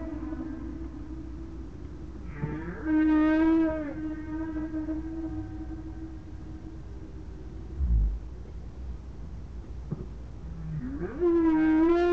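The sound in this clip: Whale moans: rich harmonic sounds that sweep up then hold a long steady note, returning near the end over a low rumbling background.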